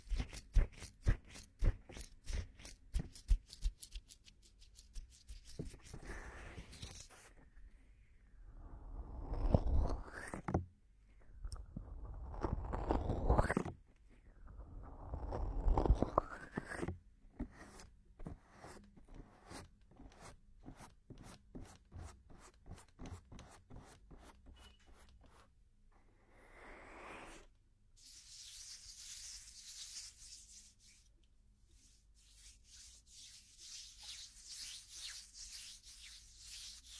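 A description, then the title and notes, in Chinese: Sound of two hands gently rubbing together, with soft swelling strokes around 8–17 seconds and again near 26 seconds. Between them come quick, dense clicks and crackles, and after about 28 seconds a bright, airy hiss carries the rubbing to the end. 双手温柔摩擦。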